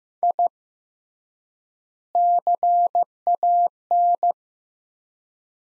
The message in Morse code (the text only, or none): I CAN